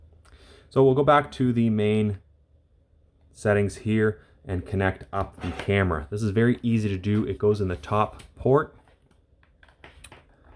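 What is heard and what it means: Someone talks while the probe connector of an Anykit AN400 borescope inspection camera is handled and lined up with the top port of its display unit. A few faint, quick handling taps come near the end, around 9.4 to 10.1 seconds. The probe has not yet been slid in, and nothing has seated or clicked.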